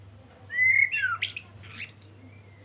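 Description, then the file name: Common blackbird song phrase: a clear rising then falling whistle followed by a squeaky, scratchy high flourish; low hum underneath. "Turdus merula"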